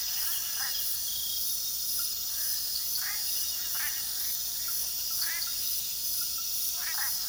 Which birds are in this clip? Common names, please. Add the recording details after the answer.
none. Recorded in pastures near Puerto Asís, Putumayo, Colombia, on 19 February 2024 at 02:30. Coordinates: 0.466, -76.323. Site G6384